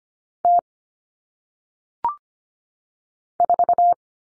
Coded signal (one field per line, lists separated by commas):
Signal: Morse code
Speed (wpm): 25 wpm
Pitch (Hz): 700 Hz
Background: none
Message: T 4